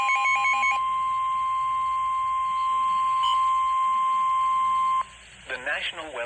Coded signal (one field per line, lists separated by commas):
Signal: Emergency Alert System (SAME) tones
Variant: 1050 Hz attention tone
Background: speech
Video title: Severe Thunderstorm Warning (EAS #465)